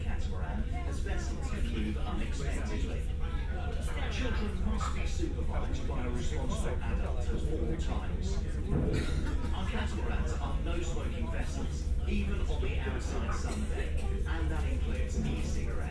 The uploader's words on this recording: Crossing the Solent on Wightlink's Fastcat Catamaran service. I travel on Wightlink’s Wight Ryder 2 ferry from Ryde to Portsmouth, on the south coast of Great Britian. Binaural.